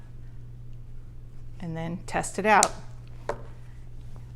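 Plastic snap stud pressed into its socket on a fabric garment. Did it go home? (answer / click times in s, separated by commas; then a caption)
yes / 3.3 s. A plastic KAM snap, pressed onto a cotton romper with snap pliers, is tested by pushing its stud and socket halves together. Someone talks, then a sharp click at 3.3 seconds shows the snap has closed with a good, strong connection.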